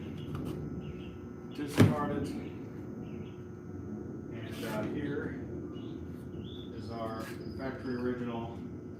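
A factory original oil filter element for a Lamborghini is handled during an oil change, about to be pressed into its filter housing. Someone talks over low background noise, with a brief sharp sound near 1.8 seconds and some chirp-like tones. Nothing has seated or clicked yet; the clip ends before the element goes home.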